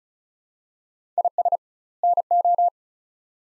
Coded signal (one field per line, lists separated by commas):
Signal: Morse code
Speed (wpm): 36 wpm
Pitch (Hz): 700 Hz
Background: none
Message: IS NO